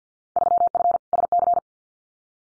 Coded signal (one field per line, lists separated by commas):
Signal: Morse code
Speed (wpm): 50 wpm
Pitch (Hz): 700 Hz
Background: none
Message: 3F SC